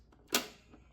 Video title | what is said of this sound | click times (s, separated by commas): Lighthouse For CJ Pro Loading & Printing on Cable Marking Tags | ensuring that it clicks into place | 0.4 s